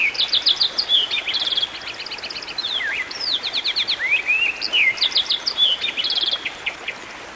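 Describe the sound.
Songbird song, a continuous stream of high twittering notes, quick trills and swooping whistles delivered almost without pause.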